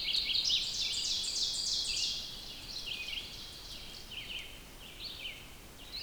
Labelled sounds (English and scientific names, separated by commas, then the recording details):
Red-eyed Vireo (Vireo olivaceus) song
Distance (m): 55 m
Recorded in boreal forest in Alberta, Canada, on 5 June 2016 at 05:34
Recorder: SongMeter 3, array SBT-3-51
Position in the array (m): 149 m, 78 m